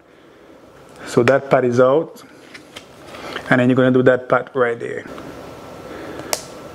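Someone talks while a card is worked into the other side of the plastic sensor housing to free a Dexcom G6 CGM transmitter. A single sharp click at 6.3 s marks the second transmitter latch snapping open, releasing the transmitter.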